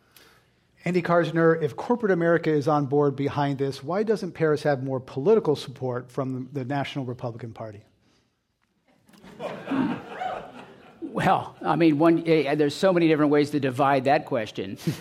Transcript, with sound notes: Andy Karsner, if Corporate America is on board behind this why doesn't Paris have more political support from the national Republican Party?
[Laughter]
Well, I mean there's so many different ways to divide that question.